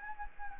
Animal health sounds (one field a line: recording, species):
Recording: mosquito wingbeat signal from an infrared sensor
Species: Anopheles gambiae